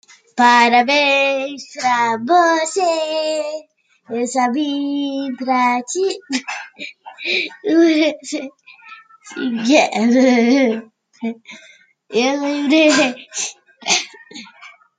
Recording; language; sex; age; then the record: short text; Brazilian Portuguese; female; 30 to 39 years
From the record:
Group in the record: control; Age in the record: 37 years